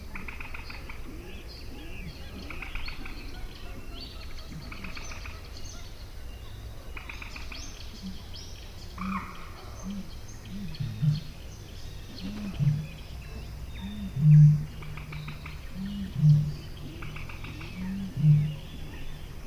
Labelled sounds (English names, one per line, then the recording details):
Little Crake
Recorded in the wild
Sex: male
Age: adult
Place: Kützerhof, Kummerower See, Mecklenburg-Vorpommern, DE
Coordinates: 53.8653, 12.8761
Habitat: wetland
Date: 2008-05-27 22:00
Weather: wolkig, 11°C, kaum Wind
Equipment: Sound Devices 702, Sennheiser MKH 70, Windkorb
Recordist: Frommolt, Karl-Heinz